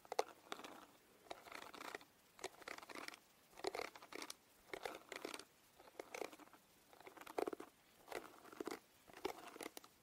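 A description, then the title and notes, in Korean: Hair is styled with a hot iron, the tool sliding through strands in short, dry swishing strokes. Bright rustling bursts arrive in uneven clusters, roughly once or twice a second, separated by brief near-silent gaps. 슥슥 고데기 하는 소리.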